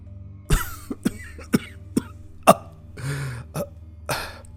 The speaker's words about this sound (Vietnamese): Đạo sĩ lúc này ôm ngực đi tới bên cạnh Lâm, ho lên vài tiếng mà than thở.